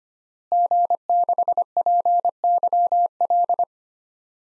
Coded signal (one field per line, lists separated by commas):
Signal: Morse code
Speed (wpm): 25 wpm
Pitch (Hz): 700 Hz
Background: none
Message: G6PYL